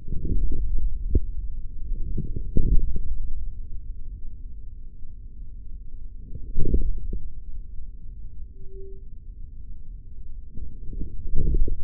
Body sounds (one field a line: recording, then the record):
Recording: forearm muscle sounds (acoustic myography)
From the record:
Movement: forearm pronation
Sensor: system 3, bracelet of six PUI Audio POM-2738L microphones around the upper forearm, with dedicated amplification and filtering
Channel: 2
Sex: male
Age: 56 years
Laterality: right